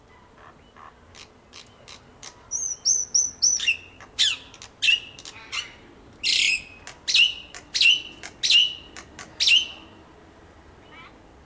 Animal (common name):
Black-winged Starling